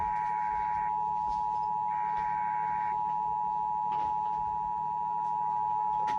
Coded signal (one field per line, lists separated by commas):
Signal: Emergency Alert System (SAME) tones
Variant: 853 and 960 Hz attention tone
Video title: EAS 6480-6557 Mega EAS Compilation from Camp and tests as of 8/25/2024